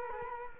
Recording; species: mosquito wingbeat signal from an infrared sensor; Culex quinquefasciatus